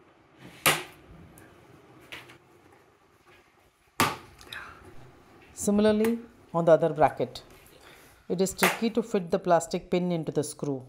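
A plastic push pin is pressed into a plastic screw on the suspension rail bracket of an IKEA Eket cabinet, giving sharp clicks at 0.7 s and 4.0 s as each pin seats, the second on the other bracket, where the fit is tricky. Someone talks throughout.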